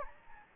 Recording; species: mosquito wingbeat signal from an infrared sensor; Anopheles gambiae